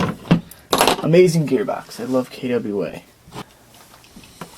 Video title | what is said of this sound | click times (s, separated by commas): KWA Disassembly, Assembly, lubing and shimming | give it a click and there you go | 0.7 s